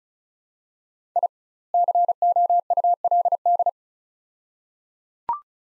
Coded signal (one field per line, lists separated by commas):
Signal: Morse code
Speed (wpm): 36 wpm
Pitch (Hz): 700 Hz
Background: none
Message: I COULD